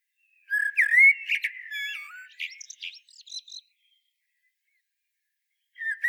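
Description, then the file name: Common blackbird song: a rich, whistled phrase that breaks into a scratchy, high-pitched twitter, then falls quiet before another phrase begins at the end. "Turdus merula"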